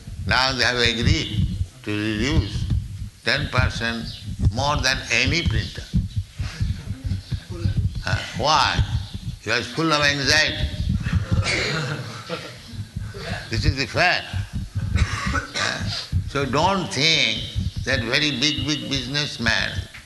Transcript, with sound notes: Now they have agreed to reduce ten percent more than any printer. Why? He was full of anxiety. [laughter] This is the fact. So don't think that very big, big businessman